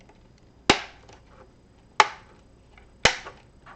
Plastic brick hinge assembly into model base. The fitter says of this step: this should just snap right in there